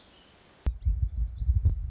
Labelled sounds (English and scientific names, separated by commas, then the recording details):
Black-throated Gray Warbler (Setophaga nigrescens)
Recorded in Sonoma County, California